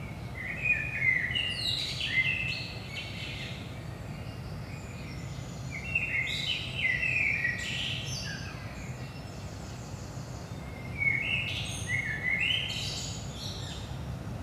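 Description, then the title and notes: Common blackbird repeating rich fluted phrases with sharp high chattering tails, three bursts throughout, above a constant low drone. Blackbird at 5 am, early morning, in Saint-Gilles, Belgium; recorded with DPA 4060 microphones in AB position into a Zoom F3. "Saint-Gilles, Belgique - 5am Blackbird. Blackbird in the morning. Merle au petit matin"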